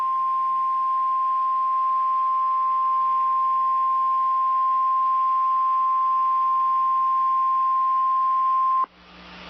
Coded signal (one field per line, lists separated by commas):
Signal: Emergency Alert System (SAME) tones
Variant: 1050 Hz attention tone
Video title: EAS - Tornado Warning - Daviess - Greene - Martin Counties